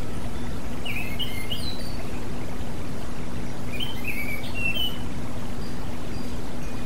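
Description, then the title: Oriental magpie-robin singing two short bursts of whistled, slurred notes, set apart by a pause, with a continuous low hum and hiss. Chirping song. "Kicau Kacer Durasi Panjang 1jam Lebih"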